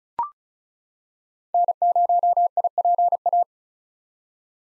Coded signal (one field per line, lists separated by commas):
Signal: Morse code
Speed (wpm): 36 wpm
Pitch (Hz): 700 Hz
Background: none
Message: N0IPA